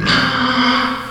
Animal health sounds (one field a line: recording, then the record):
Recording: squeal of a Yucatan mini pig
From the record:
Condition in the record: after surgery on the right vocal fold (resection and tissue-engineered implant)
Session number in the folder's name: 15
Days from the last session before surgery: 175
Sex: female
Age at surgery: 19 weeks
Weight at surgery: 25 kg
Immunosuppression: prednisolone